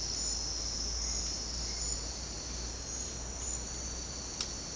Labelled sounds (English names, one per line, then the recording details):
none
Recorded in secondary vegetation near Puerto Asís, Putumayo, Colombia, on 19 March 2025 at 08:00
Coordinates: 0.484, -76.319
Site G010